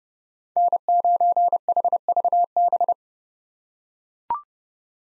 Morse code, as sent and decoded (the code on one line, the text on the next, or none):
-. ----. .... ...- -...
N9HVB